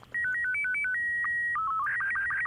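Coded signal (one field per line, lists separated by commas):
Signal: SSTV (slow-scan television)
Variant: Robot 36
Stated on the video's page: Heard in the puzzle game Phonopath.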